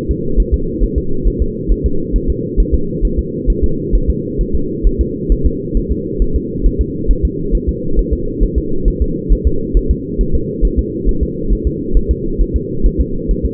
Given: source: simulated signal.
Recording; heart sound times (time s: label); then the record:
fetal heart sounds
0.11 s: S2
0.40 s: S1
0.54 s: S2
0.84 s: S1
0.98 s: S2
1.28 s: S1
1.42 s: S2
1.72 s: S1
1.86 s: S2
2.16 s: S1
2.30 s: S2
2.60 s: S1
2.75 s: S2
3.05 s: S1
3.19 s: S2
3.50 s: S1
3.64 s: S2
3.95 s: S1
4.10 s: S2
4.41 s: S1
4.55 s: S2
4.87 s: S1
5.01 s: S2
5.32 s: S1
5.46 s: S2
5.77 s: S1
5.92 s: S2
6.22 s: S1
6.36 s: S2
6.66 s: S1
6.81 s: S2
7.11 s: S1
7.25 s: S2
7.55 s: S1
7.69 s: S2
7.99 s: S1
8.13 s: S2
8.43 s: S1
8.58 s: S2
8.88 s: S1
9.02 s: S2
9.32 s: S1
9.47 s: S2
9.77 s: S1
9.91 s: S2
10.21 s: S1
10.35 s: S2
10.65 s: S1
10.79 s: S2
11.09 s: S1
11.23 s: S2
11.53 s: S1
11.67 s: S2
11.97 s: S1
12.11 s: S2
12.41 s: S1
12.56 s: S2
12.86 s: S1
13.01 s: S2
13.31 s: S1
13.46 s: S2
From the record:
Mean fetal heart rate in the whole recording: 135 bpm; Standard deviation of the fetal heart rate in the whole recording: 3 bpm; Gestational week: 36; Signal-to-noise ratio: -8.1 dB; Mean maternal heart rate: 72 bpm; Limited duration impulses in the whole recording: absent